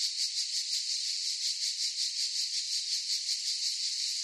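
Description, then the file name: Cicada chorus with a shrill steady buzz that waxes and wanes in quick regular throbs. Forest chorus of cicadas. "gain walkers CICADAS Forest Chorus"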